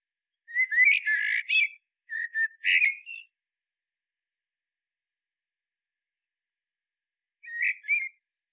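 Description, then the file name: Common blackbird singing low, fluty warbled phrases with brief high twitters, two phrases close together, then a pause before a short final phrase. "Turdus merula"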